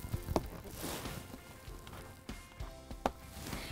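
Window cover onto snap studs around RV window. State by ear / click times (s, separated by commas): seated / 0.4 s, 3.1 s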